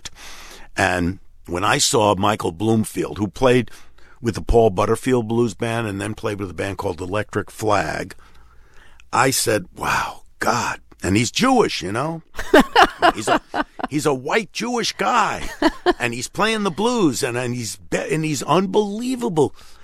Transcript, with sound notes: And when I saw Michael Bloomfield, who played with the Paul Butterfield Blues Band and then played with a band called Electric Flag, I said, wow, God. And he's Jewish, you know?
(Laughter).
He's a white Jewish guy.
(Laughter).
And he's playing the blues, and he's unbelievable.